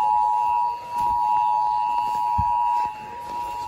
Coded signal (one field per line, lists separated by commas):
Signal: Emergency Alert System (SAME) tones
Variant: 853 and 960 Hz attention tone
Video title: Dust Storm Warning - EAS 101